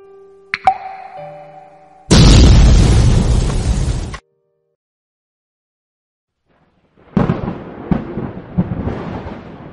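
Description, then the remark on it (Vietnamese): A sudden, massive explosion, set off with a detonator switch, erupts after a few sharp tones, roaring loudly for about two seconds before cutting to silence, then rumbling debris and crashing clatter follow as the mouth of a well and a shrine collapse. “Một tiếng nổ lớn đánh sập cái miệng giếng và cả điện thờ.”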